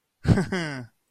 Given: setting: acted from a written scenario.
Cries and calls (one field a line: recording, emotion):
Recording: vocal sound without words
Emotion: amusement